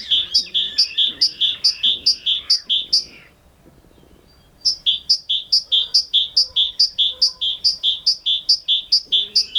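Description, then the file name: Great tit repeating a ringing two-syllable phrase at a steady, fast pace, in two long strophes split by a short silence. "Parus major"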